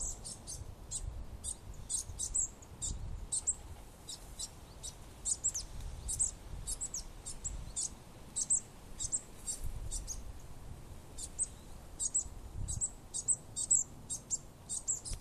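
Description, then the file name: Marsh tit calls: very high, thin, short notes given in quick, uneven bursts throughout, over a steady low rumble of background noise. "Poecile palustris"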